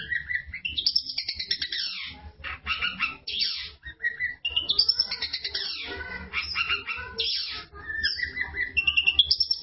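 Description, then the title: Long-tailed Shrike singing a varied, jumbled song of chattering trills, sweeping notes and brief whistles, broken by short pauses, over a steady low hum. "Cendet Pentet"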